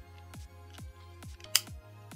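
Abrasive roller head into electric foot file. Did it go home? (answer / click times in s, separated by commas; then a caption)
yes / 1.6 s. A coarse plastic abrasive roller head, replacing a popped-out old one, is slid into a Michael Todd Beauty Pedimax electric foot file and pushed until it locks. A repeating soft, sweeping music-like pattern plays throughout, and a sharp, loud click sounds at 1.6 s as the roller head seats.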